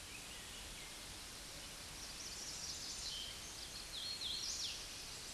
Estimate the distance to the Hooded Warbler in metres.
about 40 m